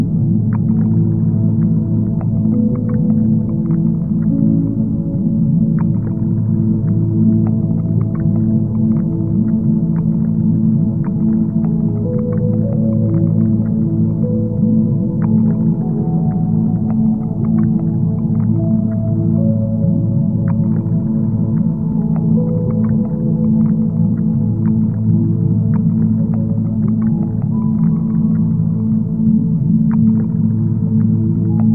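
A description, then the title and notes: Underwater sound made of a steady, low, droning hum with layered sustained tones that slowly shift in pitch. Faint brief clicks and ticks pop up irregularly throughout, and everything stays muffled, with nothing bright above the deep rumble. Underwater Exploring.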